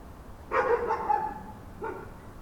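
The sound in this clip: Dog giving a drawn-out bark that trails into a whine, followed by a second shorter bark.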